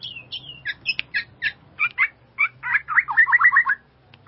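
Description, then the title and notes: Bird song of short, clipped chirping notes that grow faster and run into a rapid rattling trill. "Bird Sound. Kicau Burung Lengkap"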